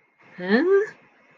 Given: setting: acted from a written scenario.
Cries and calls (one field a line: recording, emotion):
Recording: vocal sound without words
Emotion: confusion